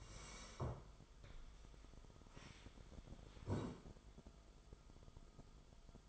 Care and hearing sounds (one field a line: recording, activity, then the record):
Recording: daily activity, microphone in the room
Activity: sit down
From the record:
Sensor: 5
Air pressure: 1005.4 hPa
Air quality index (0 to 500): 105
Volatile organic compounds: 2 ppm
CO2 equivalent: 1282 ppm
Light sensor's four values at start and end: 34/78/31/29 and 34/78/31/29